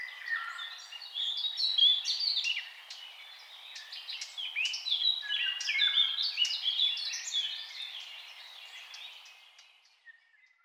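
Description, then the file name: Eurasian blackcap delivering long, hurried warbled song with mixed clear and scratchy notes, continuing for several seconds before fading near the end. "Sylvia atricapilla"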